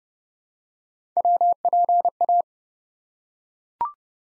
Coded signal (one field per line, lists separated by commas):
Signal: Morse code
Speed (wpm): 30 wpm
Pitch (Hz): 700 Hz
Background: none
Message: WPA